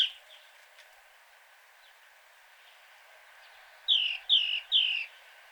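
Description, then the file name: Great tit calling, a quiet stretch followed by three loud, clear descending notes in quick succession near the end. "Parus major"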